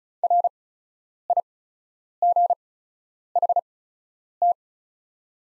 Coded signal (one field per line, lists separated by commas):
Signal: Morse code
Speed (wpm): 34 wpm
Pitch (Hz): 700 Hz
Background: none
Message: RIGHT